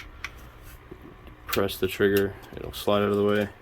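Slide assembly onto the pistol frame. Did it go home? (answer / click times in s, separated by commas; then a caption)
no / none. During reassembly, a pistol slide is handled and lined up with the frame while the trigger is pressed out of the way, with a brief sharp tap near 0.2 s and someone talking. The slide has not yet seated or clicked into place by the end of the clip.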